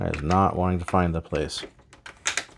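Someone talks while pushing a plastic part of a transforming toy into its mounting slot after several failed tries, with faint plastic taps around 1.9 to 2.1 seconds. The part seats with a sharp click at 2.3 seconds.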